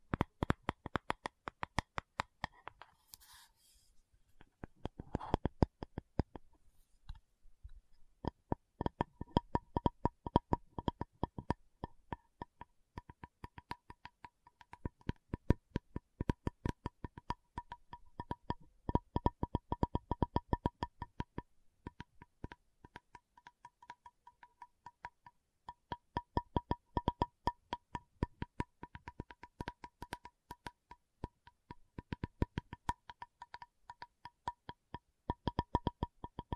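A tapping session made of rapid, sharp taps in dense bursts, broken by short pauses, with a near-silent gap around four to eight seconds. The taps ring with a steady mid-pitched tone throughout, and the pace shifts between fast flurries and sparser stretches.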